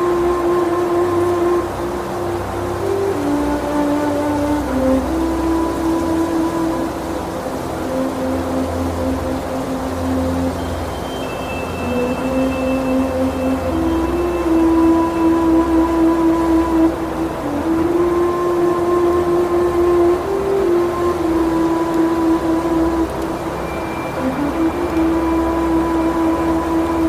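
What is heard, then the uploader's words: A flute plays a slow melody of long, held notes that step up and down, with brief dips between phrases and a slight rise in the middle. Under it, a constant low rumble of wind roars without pause, keeping the overall level steady throughout. Calming Flute Music on Windy Day.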